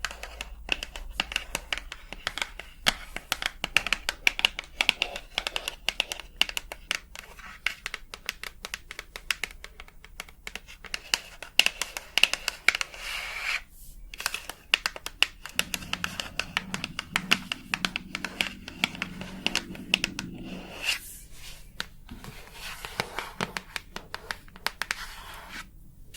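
Tapping runs throughout as a dense, irregular stream of sharp little clicks, some bright and crisp, with short pauses near 14 and 21 seconds. A faint low hum sits underneath, and from about 15 to 21 seconds a soft rubbing or crinkling sound joins in.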